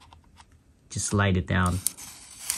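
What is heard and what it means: A Joy-Con strap accessory is handled at the rail of a plastic Nintendo Switch OLED handheld game controller, ready to be slid down it, with faint light ticks early on and two sharp taps near 2.5 and 2.6 seconds while someone talks in the middle. Nothing has seated or clicked yet; the strap is not yet home on the rail when the clip ends.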